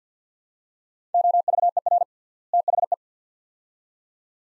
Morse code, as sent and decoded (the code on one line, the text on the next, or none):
--- ...- . .-. / - .... .
OVER THE